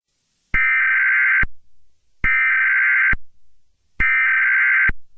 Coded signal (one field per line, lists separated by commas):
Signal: Emergency Alert System (SAME) tones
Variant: header bursts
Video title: EAS Scenario #40 Horror X